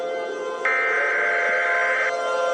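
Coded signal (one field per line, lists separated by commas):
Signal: Emergency Alert System (SAME) tones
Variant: header bursts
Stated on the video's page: Fictional EAS scenario about a thermonuclear Godzilla versus King Ghidorah, not a real alert.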